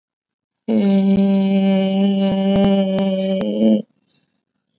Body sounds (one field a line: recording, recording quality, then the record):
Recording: sustained vowel as in made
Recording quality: excellent, no background noise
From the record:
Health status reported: COVID-19 positive, mild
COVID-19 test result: positive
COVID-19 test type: RT-PCR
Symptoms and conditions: cough, fatigue, muscle pain, diabetes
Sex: female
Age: 49 years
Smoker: no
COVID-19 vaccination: both doses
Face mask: worn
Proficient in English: yes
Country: India